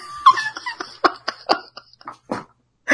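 A man coughs hard again and again, a series of harsh, rasping bursts with short gaps between them, some louder and some weaker, with no talking.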